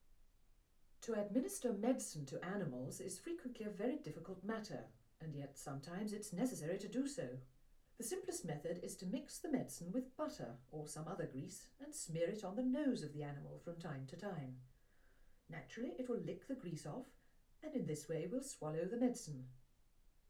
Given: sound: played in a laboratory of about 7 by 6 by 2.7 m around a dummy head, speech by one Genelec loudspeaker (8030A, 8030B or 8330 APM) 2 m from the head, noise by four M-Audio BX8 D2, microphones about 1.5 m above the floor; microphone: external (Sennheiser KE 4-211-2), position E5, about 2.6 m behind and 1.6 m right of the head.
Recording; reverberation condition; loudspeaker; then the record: female speech in English; low; in front (0 degrees)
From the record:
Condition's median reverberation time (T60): about 310 ms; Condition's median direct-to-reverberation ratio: about 3.5 dB